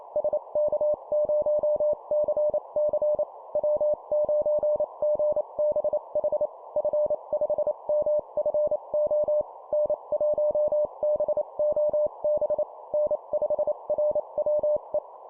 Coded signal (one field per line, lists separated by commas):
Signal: Morse code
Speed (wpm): 28 wpm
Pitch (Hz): 600 Hz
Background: none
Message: SK0CC W9GBH F5MFO N1BOB N5RWE